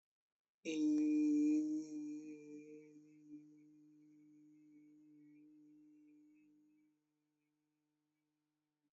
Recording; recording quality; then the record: sustained vowel as in beet; excellent, no background noise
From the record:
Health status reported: COVID-19 positive, mild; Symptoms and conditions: cough, cold, sore throat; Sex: male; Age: 22 years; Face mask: not worn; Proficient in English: yes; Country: India